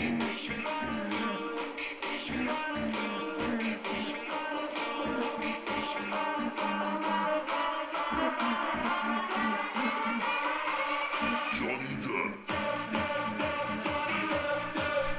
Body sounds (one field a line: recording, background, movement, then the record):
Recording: throat clearing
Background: music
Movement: sitting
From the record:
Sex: female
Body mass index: 36.4 kg/m2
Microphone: on the chest, facing outward